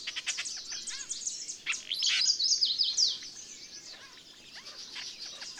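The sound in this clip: Bird: dense high-pitched warbling and chattering from several birds, loudest in the middle, fading to faint twitters.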